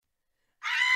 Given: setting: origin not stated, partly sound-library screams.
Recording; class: one-second piece from a danger detection set; woman in danger